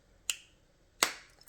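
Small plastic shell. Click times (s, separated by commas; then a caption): 0.3 s, 1.0 s. The two plastic halves of a Ford Fiesta car key fob shell are pressed back together by hand over a new coin cell battery. Sharp snaps are heard at 0.3 s and 1.0 s, followed by a faint tick at 1.4 s and a slightly louder one at 1.5 s. The shell halves click into place and are seated.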